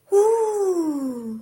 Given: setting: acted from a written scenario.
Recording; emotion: vocal sound without words; adoration